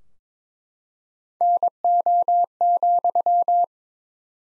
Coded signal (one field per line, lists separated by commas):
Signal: Morse code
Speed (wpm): 22 wpm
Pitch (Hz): 700 Hz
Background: none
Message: NO,